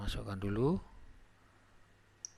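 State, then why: Seated. A crimped wire terminal is pushed into the plastic DLC diagnostic connector housing for an old-model Yamaha NMAX. Someone talks briefly at the start, then after a quiet stretch a single short, sharp click at 2.3 s marks the terminal locking into the housing, seated.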